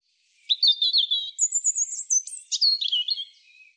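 European robin singing one continuous phrase of sweet, high warbles, thin drawn-out whistles and quick trills, ending in a lower descending slur.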